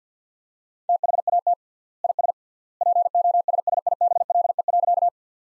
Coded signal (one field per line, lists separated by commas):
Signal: Morse code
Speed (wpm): 50 wpm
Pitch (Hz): 700 Hz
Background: none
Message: THAT IS POSSIBLE.